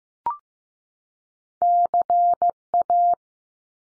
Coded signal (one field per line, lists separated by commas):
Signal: Morse code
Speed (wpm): 15 wpm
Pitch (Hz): 700 Hz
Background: none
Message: C A